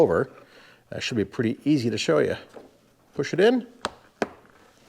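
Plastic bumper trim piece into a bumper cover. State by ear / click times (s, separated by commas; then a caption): seated / 3.8 s. A plastic bumper trim piece is pushed into a bumper cover on a BMW X5 while someone talks. It snaps into place with a sharp click at 3.8 seconds and is seated, followed by a second loud click at 4.2 seconds and a few fainter ticks.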